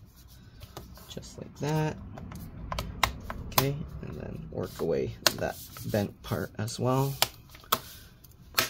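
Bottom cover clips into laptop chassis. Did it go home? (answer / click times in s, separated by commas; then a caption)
yes / 7.7 s, 8.6 s. Someone talks while reinstalling the bottom cover of an HP ENVY x360 Convertible 13m-bd0023dx laptop, pressing along the edges and working the bent section so the plastic clips go into the chassis, with a series of small clicks and taps throughout. Sharp snaps at 7.7 s and 8.6 s mark the clips seating, locking the cover into place.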